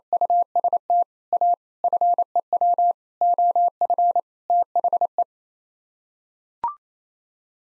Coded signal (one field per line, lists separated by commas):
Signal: Morse code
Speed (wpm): 28 wpm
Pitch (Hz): 700 Hz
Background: none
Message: UST A FEW OF THE